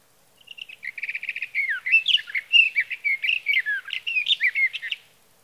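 Sage thrasher song starting with soft rapid repeated ticks, building into a loud, fast, rambling warble of varied whistled notes lasting about three seconds.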